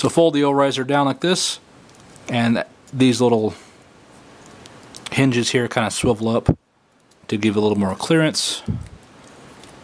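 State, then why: Not seated. Someone talks while handling the folded-down Raiser support unit for a Metal Build 00 Gundam Seven Sword action figure, swiveling its small hinge connectors up for more clearance before pushing them onto the figure's backpack. Faint handling clicks and taps sound between the speech. The clip ends before the hinges go home, so nothing has seated or locked into the backpack yet.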